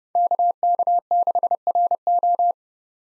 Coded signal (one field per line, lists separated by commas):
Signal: Morse code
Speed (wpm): 28 wpm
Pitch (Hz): 700 Hz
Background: none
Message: KK6RO